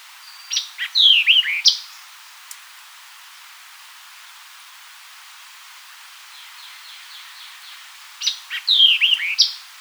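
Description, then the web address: White-eyed vireo singing two quick snappy phrases, sharp chip then slurred downward whistles, separated by a pause with a faint series of soft high notes. Recorded 4 January 2007. "White-eyed Vireo 2007 01 04"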